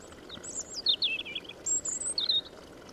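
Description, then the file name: European robin singing one quick phrase of sweet, high, jumbled notes, a long thin whistle and a few final notes, with constant background hiss. "Erithacus rubecula"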